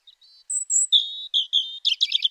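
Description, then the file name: European robin song phrase: thin high whistled notes, some very high and drawn out, then dropping to a lower whistle, ending in a rapid jumbled twitter. "Erithacus rubecula"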